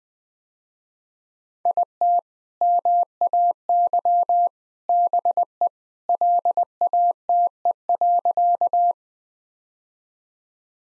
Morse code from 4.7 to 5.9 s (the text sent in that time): BE